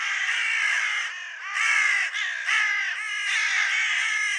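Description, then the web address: Bird cawing harshly and continuously, hoarse notes overlapping in rapid succession through the whole stretch. "cianscape birddata Deverinetal 2025"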